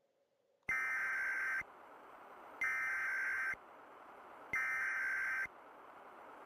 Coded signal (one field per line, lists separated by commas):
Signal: Emergency Alert System (SAME) tones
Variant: header bursts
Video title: EAS Scenario Reactions